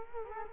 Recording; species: mosquito wingbeat signal from an infrared sensor; Culex quinquefasciatus